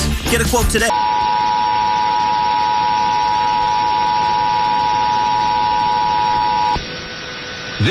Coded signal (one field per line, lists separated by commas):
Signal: Emergency Alert System (SAME) tones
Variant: 853 and 960 Hz attention tone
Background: speech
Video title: Emergency Alert System Monthly Test November 2020 Recorded - SIX FM stations at once (plus bonus TV)